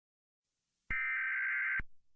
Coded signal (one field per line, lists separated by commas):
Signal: Emergency Alert System (SAME) tones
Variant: header bursts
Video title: EAS - When Day Breaks